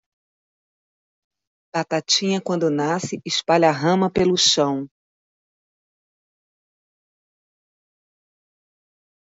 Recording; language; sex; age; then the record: short text; Brazilian Portuguese; female; 50 to 59 years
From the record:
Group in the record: control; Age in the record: 57 years